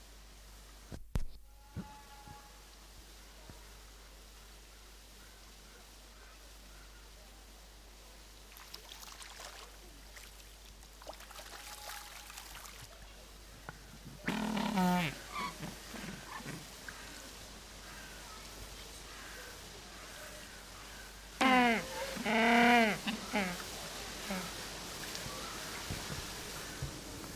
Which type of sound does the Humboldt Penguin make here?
call